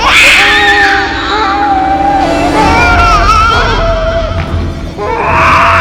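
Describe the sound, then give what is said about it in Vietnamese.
A child bursts into loud, wailing sobs, the high cries rising and falling in pitch with brief catches for breath, continuing steadily for several seconds. “Nó liền khóc òa lên.”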